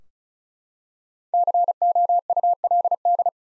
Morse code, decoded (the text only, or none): COULD